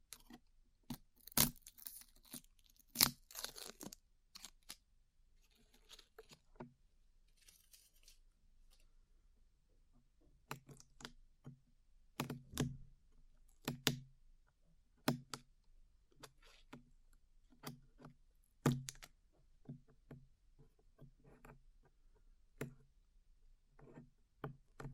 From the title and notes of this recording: ASMR Peeling Glue Off Your Ears (No Talking).